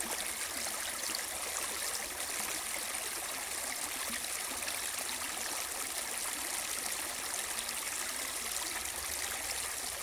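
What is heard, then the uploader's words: A cold river rushes steadily with dense, even hiss across the highs, a low rumble underneath, and no change over the ten seconds. Cold River White Noise. A cold River with an White Noise Sound.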